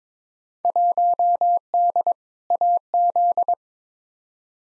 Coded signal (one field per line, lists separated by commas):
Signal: Morse code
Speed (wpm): 22 wpm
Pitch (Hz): 700 Hz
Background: none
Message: 1D AZ